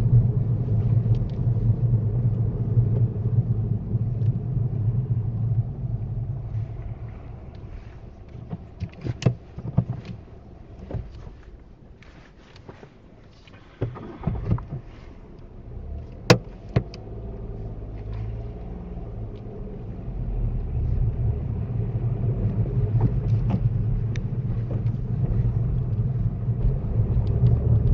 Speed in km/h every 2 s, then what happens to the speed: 21, 15, 5, 0, 0, 0, 0, 0, 0, 8, 16, 15, 16, 21.
0-5 brakes to 0. 5-17 standing. 17-28 pulls away to 21.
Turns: none.